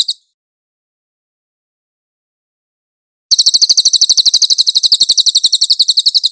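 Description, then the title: Cililin song: a brief clipped fragment, a long silence, then a quick, high, buzzing run of repeated notes. Master (tutor) song of the cililin, clear audio. "MASTER SANGAT BAGUS SUARA BURUNG CILILIN, AUDIO JERNIH"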